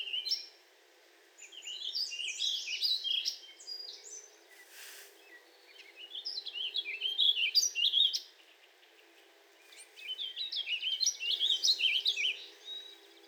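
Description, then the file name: Warbling vireo song: three long, rambling warbled phrases of quick rising and falling notes, each lasting about two to four seconds, separated by short pauses. "Warbling Vireo 2 minutes of singing"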